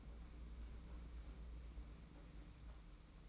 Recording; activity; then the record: daily activity, microphone in the room; open fridge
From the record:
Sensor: 1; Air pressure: 991.8 hPa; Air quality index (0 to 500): 205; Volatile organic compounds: 1000 ppm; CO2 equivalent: 7927 ppm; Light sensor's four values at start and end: 29/102/39/39 and 29/102/39/39